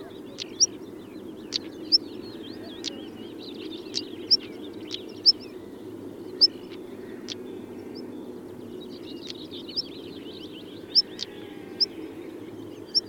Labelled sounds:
European Stonechat (Saxicola rubicola) alarm call
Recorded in the wild
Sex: male
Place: Wierden, Overijssel, NL
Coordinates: 52.358, 6.594
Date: 1990-05-18 06:09
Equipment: Nagra III BH, Sennheiser MD 21, parabola
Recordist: Schubert, Michael
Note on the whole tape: Warnen von einem Schwarzkehlchen Männchen

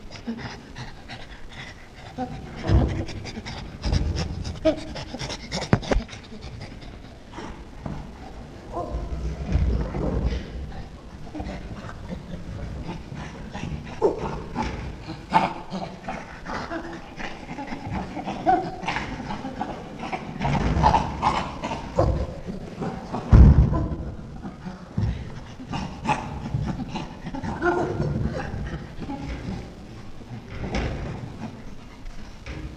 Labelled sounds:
Chimpanzee (Pan troglodytes)
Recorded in captivity
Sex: male
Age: juvenile
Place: Tierpark Berlin, Berlin, DE
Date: 1965-09-03
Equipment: Grundig TK 1 Luxus, Transistorverstärker 1
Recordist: Altmann, Dagmar
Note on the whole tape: Tim - Kitzellachen (Schimpanse 3 Jahre)

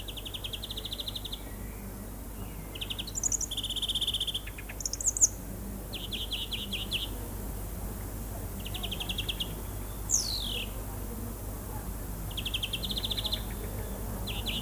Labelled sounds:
European Greenfinch (Chloris chloris) song
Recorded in the wild
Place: Lübars, Berlin, DE
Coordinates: 52.6167, 13.35
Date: 2004-06-27 20:55
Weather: overcast, 22°C
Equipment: Sony WM-D6C, Sennheiser ME 80, Kopie Uher 4000 Report Monitor
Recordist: Tembrock, Günter
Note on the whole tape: Gesang (längere Strecke, zusammenhängend) mit interessanten Varianten

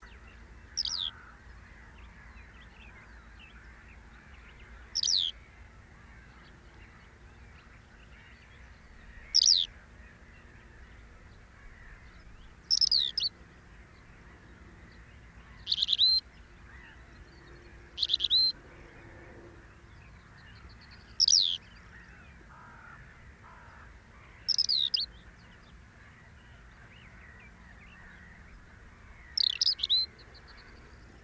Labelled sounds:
Tawny Pipit (Anthus campestris) song
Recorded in the wild
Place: Schwedt, Brandenburg, DE
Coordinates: 53.061, 14.224
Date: 1971-06-26
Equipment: Nagra III BH, Sennheiser MD 21, parabola
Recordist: Schubert, Michael
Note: Gesang Brachpieper

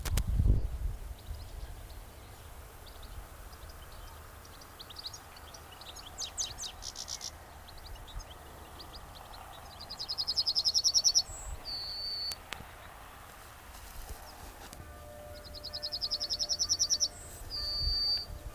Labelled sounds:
Yellowhammer (Emberiza citrinella) song
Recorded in the wild
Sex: male
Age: adult
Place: Lübars (Fließtal), Berlin, DE
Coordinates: 52.6167, 13.35
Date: 2000-05-13 18:02
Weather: sonnig, 21°C
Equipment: Nagra SN, Kopie Uher 4000 Report Monitor
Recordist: Tembrock, Günter

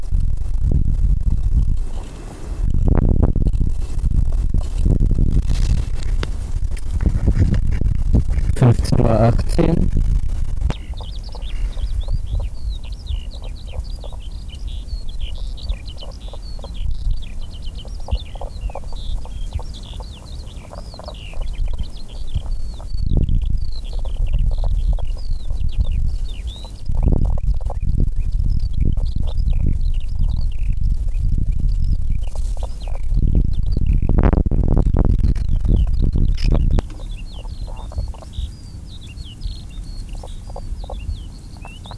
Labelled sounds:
Common Spadefoot (Pelobates fuscus) call
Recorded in the wild
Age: adult
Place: Falkenberger Rieselfelder, Barnim, Berlin, DE
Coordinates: 52.584, 13.554
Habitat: pond
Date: 1991-03-30 15:07
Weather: water: 10 °C
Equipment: Uher 4000 Report Monitor, Sennheiser MKH 416 T mit Windschutz
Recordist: Frommolt, Karl-Heinz

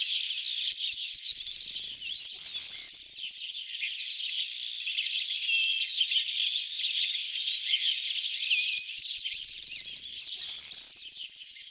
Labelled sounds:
Corn Bunting (Emberiza calandra) song
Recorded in the wild
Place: Ihringen bis Breisach am Kaiserstuhl, Baden-Württemberg, DE
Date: 1979-07-05
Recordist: Schwarz, Dieter
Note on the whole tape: Song

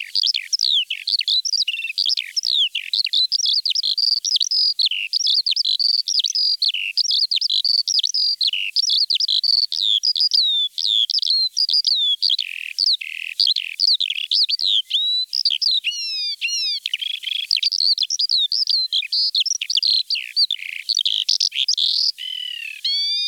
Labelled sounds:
Eurasian Skylark (Alauda arvensis) song
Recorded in the wild
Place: Neuenwalde / Cuxhaven, Schleswig-Holstein, DE
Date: 1987-05-27
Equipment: Alparon-Reflektor
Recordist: Schwarz, Dieter
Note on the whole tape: Song

